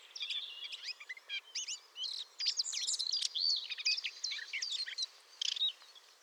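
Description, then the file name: Eurasian blackcap song: a fast, scratchy warble of varied chirps and short whistles, delivered in bursts with brief pauses throughout. "Sylvia atricapilla"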